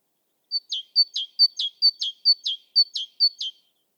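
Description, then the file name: Great tit song of seven bright two-note phrases, high note then lower sliding note, delivered at a steady brisk pace against silence. "Parus major"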